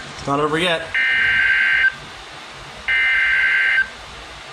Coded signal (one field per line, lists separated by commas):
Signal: Emergency Alert System (SAME) tones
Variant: header bursts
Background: speech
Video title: PURE MAYHEM 3.... | EAS Alerts from 6/26/24 | EAS#694-755